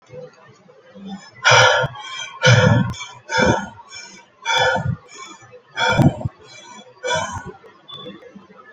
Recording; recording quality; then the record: deep breathing; poor, much background noise or distortion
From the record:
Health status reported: COVID-19 positive, mild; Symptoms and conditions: cold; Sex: female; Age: 33 years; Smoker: not ticked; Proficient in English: no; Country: India